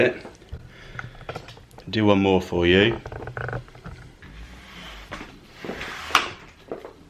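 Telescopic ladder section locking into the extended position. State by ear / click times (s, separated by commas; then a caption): seated / 6.2 s. Someone talks while extending one more section of an aluminium telescopic ladder, with light handling noises along the way. At 6.2 s the section's lock engages with a loud metallic click, and the section is locked out in the extended position, seated and solid.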